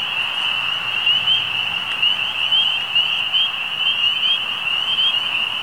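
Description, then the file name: Frogs or toads in a continuous high trilling chorus, many overlapping rapid trills blending into one steady shimmering band without a break. Recorded on 11 May 2009. "BatraciensCamions 2009-05-11"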